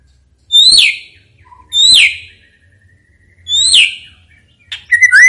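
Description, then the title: White-rumped shama giving three loud downward-sweeping notes at uneven intervals, ending in a brief run of varied whistled notes. "MURAI BATU GACOR"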